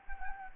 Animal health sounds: mosquito wingbeat signal from an infrared sensor; Anopheles gambiae

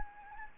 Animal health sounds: mosquito wingbeat signal from an infrared sensor; Anopheles gambiae

